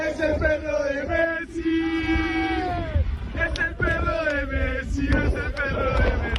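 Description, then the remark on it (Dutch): A crowd gathered around Lionel Messi's house after the World Cup win loudly sings a rhythmic chant in unison to Messi's dog as it is walked outside, "Es el perro de Messi", voices sustained and melodic, repeating the same short phrase over a constant murmur of people. “Est el perro de Messi, zingen ze daar.”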